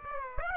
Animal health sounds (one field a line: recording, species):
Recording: mosquito wingbeat signal from an infrared sensor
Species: Aedes aegypti